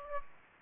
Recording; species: mosquito wingbeat signal from an infrared sensor; Aedes aegypti